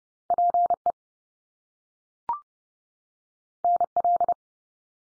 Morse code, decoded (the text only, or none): PE NL